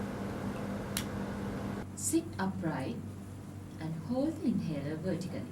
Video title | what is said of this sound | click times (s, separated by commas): Inhalers and Inhaler Devices | close the cyclo hailer until it clicks into place | 1.0 s